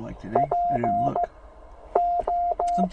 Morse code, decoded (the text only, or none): PO